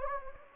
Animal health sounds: mosquito wingbeat signal from an infrared sensor; Anopheles gambiae

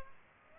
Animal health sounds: mosquito wingbeat signal from an infrared sensor; Culex pipiens

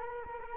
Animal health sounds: mosquito wingbeat signal from an infrared sensor; Culex quinquefasciatus

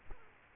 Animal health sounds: mosquito wingbeat signal from an infrared sensor; Culex quinquefasciatus

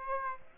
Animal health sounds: mosquito wingbeat signal from an infrared sensor; Aedes aegypti

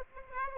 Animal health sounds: mosquito wingbeat signal from an infrared sensor; Aedes aegypti

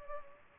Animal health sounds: mosquito wingbeat signal from an infrared sensor; Culex pipiens

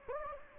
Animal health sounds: mosquito wingbeat signal from an infrared sensor; Anopheles gambiae

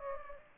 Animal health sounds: mosquito wingbeat signal from an infrared sensor; Aedes aegypti

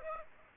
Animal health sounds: mosquito wingbeat signal from an infrared sensor; Aedes aegypti

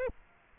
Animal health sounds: mosquito wingbeat signal from an infrared sensor; Aedes aegypti

